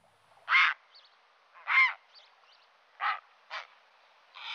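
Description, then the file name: Grey heron uttering coarse, rasping croaks roughly once a second, with faint thin chirps from another bird in between. "heron cendre"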